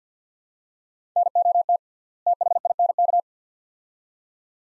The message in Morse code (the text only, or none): NOT THINK